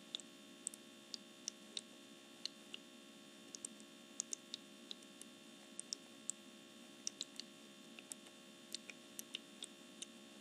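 An essential oil diffuser misting gives a steady low hum with a faint airy hiss above it, unchanging across the whole stretch. Small sharp ticks and crackles pop through at irregular moments, roughly two or three per second.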